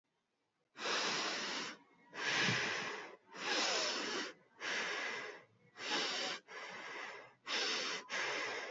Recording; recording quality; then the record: shallow breathing; excellent, no background noise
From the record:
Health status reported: healthy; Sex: female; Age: 19 years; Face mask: not worn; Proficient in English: yes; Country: India